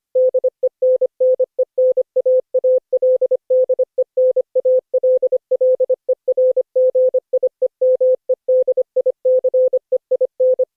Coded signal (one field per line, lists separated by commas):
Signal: Morse code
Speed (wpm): 25 wpm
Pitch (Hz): 510 Hz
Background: none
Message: DENNENAALDEN ALLERGIE MEDICEIN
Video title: Daily Minutes, December 18, 2015, without the Contestia.